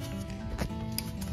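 The gray plastic secondary lock tab on a connector is pushed into the connector housing during a thermostat replacement on a 2013 Mercedes ML350 (W166, 2012–2018 ML350 and GLE350). Over a steady low background hum, a soft knock comes at 0.6 s and a sharp, bright click at 1.0 s. That click is the tab locking in, leaving the connector seated and tight.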